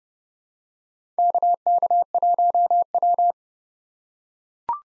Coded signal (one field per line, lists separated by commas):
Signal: Morse code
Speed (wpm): 30 wpm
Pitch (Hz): 700 Hz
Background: none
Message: KK1W